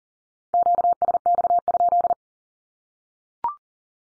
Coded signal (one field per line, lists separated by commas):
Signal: Morse code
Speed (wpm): 40 wpm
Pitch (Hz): 700 Hz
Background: none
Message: QSX?